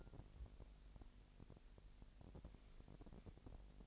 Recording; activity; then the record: daily activity, microphone in the room; take from stove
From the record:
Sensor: 5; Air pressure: 1002.1 hPa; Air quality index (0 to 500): 269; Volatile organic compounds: 15 ppm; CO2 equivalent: 2479 ppm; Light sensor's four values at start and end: 20/43/19/21 and 20/43/19/21